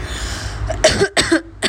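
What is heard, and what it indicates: After some soft breathy noise, an adult woman gives three or four short, harsh cough bursts in quick succession over about a second: a brief coughing fit set off by laughing, with no wheeze or whoop between bursts. Her voice is strained, which she puts down to shouting in clubs.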